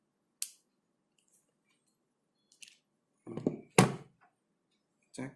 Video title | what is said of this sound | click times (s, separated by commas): Tekhnisi - Kuliah Refresh - Kampus Virtual | tinggi kemudian tekan Sampai bunyi klik | 0.4 s, 3.8 s